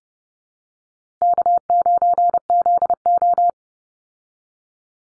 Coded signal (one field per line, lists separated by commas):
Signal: Morse code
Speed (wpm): 30 wpm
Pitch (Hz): 700 Hz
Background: none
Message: K9ZO